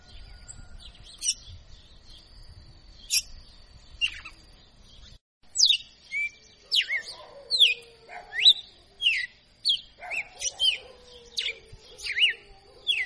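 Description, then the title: Red-cowled cardinal: a few scattered sharp notes, then after a short pause a steady run of falling whistled phrases, with soft lower buzzy notes underneath. Female; called a 'professor' (tutor) bird, singing in the 'açoitando' style. "Canto Galo Campina Fêmea 02. Galo de Campina Professor Açoitando"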